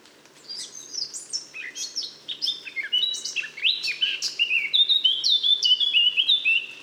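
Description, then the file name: Eurasian blackcap song: a continuous fast warble of scratchy high notes flowing into louder, clear fluted whistles near the end. "Sylvia atricapilla"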